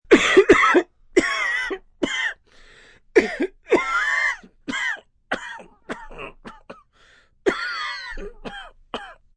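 Acted sick-person cough sound effect: repeated harsh, voiced cough bursts in irregular clusters with brief throat-clearing sounds.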